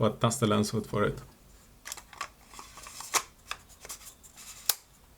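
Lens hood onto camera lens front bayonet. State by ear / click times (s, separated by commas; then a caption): seated / 4.7 s. Someone talks, then a plastic OM System LH-66B bayonet lens hood, which has a small release button, is twisted onto the front of an Olympus M.Zuiko Pro 25mm F1.2 lens with a few soft scrapes and ticks. A sharp click at 4.7 s marks the hood locking into place.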